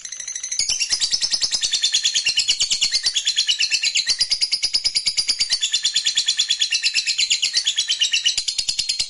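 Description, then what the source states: Lovebird sings an unbroken, high-pitched, chattering trill, its rapid pulses repeating evenly throughout. Fighter lovebird performing ngekek panjang (long ngekek).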